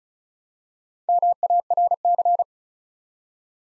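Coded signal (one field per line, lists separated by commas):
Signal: Morse code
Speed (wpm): 36 wpm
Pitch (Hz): 700 Hz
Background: none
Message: MARC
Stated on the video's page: 35 wpm Morse practice building five-letter words one letter at a time, aimed at instant character recognition.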